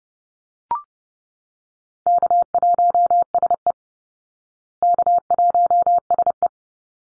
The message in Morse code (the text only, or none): K1SE K1SE